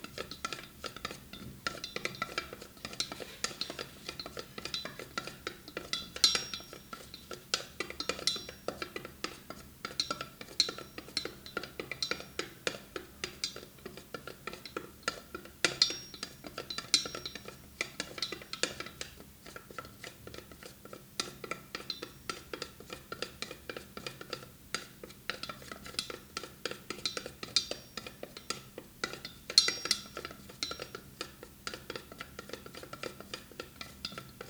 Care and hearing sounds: daily activity, guitar pickup as the sensor; fry

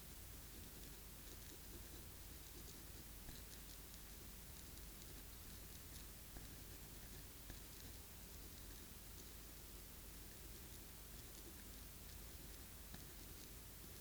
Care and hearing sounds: daily activity, guitar pickup as the sensor; write

